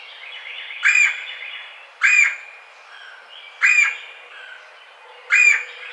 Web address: sounds birds Red-bellied Woodpecker 2009 05 04 Red-bellied Woodpecker 01